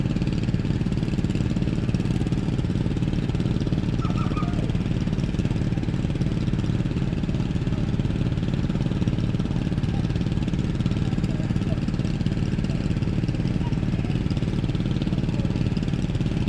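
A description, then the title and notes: A fishing boat motor drones steadily, a thick low rumble that holds the same level for the whole stretch without rising or fading. A few faint, brief higher sounds flicker in the background, but the engine dominates throughout. Fishing boat motors.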